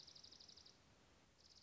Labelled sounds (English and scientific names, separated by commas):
Dark-eyed Junco (Junco hyemalis)